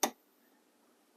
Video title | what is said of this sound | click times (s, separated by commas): Honda Civic -- How to Replace the Passenger Side Low Beam Bulb 2006 2007 2008 2009 2010 2011 | put it on the bulb and then push it up till you hear a click | 0.0 s